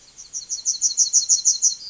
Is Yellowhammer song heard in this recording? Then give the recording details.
yes. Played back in forest. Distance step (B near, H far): C. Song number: 040